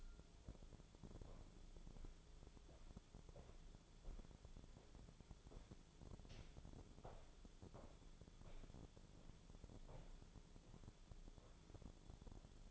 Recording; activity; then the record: daily activity, microphone in the room; walk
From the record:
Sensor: 5